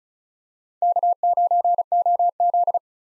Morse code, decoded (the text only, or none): K9OZ